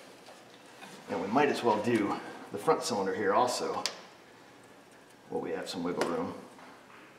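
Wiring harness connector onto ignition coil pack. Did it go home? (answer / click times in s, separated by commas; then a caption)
no / none. While spark plugs are being replaced on a Subaru Outback, the wiring harness connector for the front cylinder's ignition coil pack is handled. Someone talks over quiet background noise, with faint handling sounds between phrases. Nothing has seated or clicked yet.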